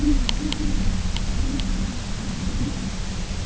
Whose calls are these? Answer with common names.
none